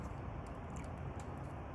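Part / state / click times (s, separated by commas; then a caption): wire terminals into a 4-pin ignition coil connector housing / not seated / none. Wire terminals are handled to be pushed one by one into the slots of a new 4-pin Toyota ignition coil plug connector housing. Only a steady low rumble with faint high-frequency hiss is heard, with no distinct clicks. Nothing has seated or clicked yet.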